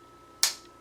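A metal takedown lever pin, with its takedown lever angled to about 2 o'clock, is pushed into a Smith & Wesson Bodyguard pistol frame. It gives a single sharp click at 0.4 s against a quiet background. This is only the first of two clicks, and the pin is not fully seated yet because a second push is still needed.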